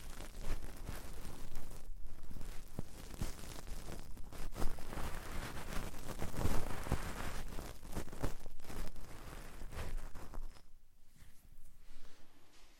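Deep ear cleaning sounds: dense, crackly rustling and scraping with frequent sharp clicks and pops, thinning into quieter, sparser crackles near the end.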